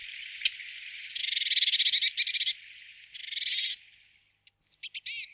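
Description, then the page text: Willow tit buzzy calls: a rough nasal series of rapid pulsed notes in two bursts, then a few short high notes at the end. "Голоса птиц - Буроголовая гаичка, пухляк (Poecile montanus)"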